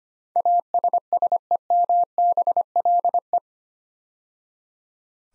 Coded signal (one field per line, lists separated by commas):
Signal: Morse code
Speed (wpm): 25 wpm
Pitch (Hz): 700 Hz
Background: none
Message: ASSEMBLE